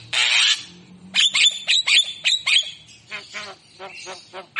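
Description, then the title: Javan myna song of a harsh rasping squawk, then a series of choppy, clicking and grating notes, ending in softer nasal chatter. Javan myna singing actively (gacor), in a recording used for training and luring songbirds. "Masteran & Pancingan Kicauan Jalak Kebo Gacor Istimewa isian Murai Cucak Ijo Lovebird"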